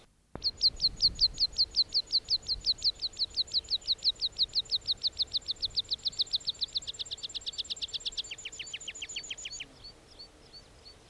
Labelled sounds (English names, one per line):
Meadow Pipit